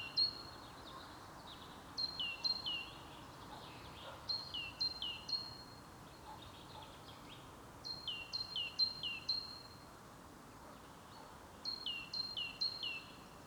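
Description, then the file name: Great tit singing strophes of three to four high-low whistled pairs, repeated several times with short gaps, over steady background rumble. "Parus major"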